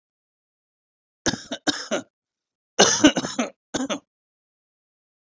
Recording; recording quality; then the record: shallow voluntary cough; excellent, no background noise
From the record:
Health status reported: recovered from COVID-19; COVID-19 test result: positive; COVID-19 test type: RT-PCR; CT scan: not taken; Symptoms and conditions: cough, cold, sore throat, fever, fatigue, hypertension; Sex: male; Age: 58 years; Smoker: no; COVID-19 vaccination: both doses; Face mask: not worn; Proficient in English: yes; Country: India